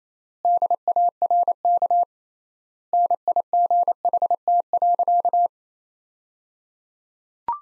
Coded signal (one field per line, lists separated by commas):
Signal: Morse code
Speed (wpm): 28 wpm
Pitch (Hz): 700 Hz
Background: none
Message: DARK NIGHT.